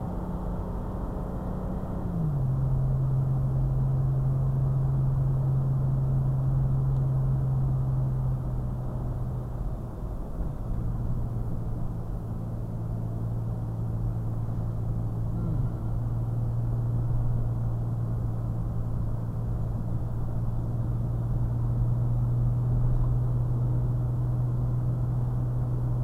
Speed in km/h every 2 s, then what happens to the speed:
66, 68, 71, 69, 66, 64, 61, 56, 56, 63, 64, 61, 61.
0-5 steady at about 68. 5-14 slows to 56. 16-19 speeds up to 64. 19-26 steady at about 61.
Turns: none.